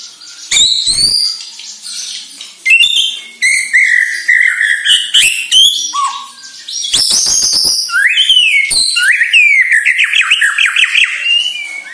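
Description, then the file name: White-rumped shama song, loud and varied, mixing rich whistles, sharp clicks and rapid rising-falling warbles in quick bursts. Bornean shama; lure recording intended to make birds sing vigorously. "Murai Batu Borneo"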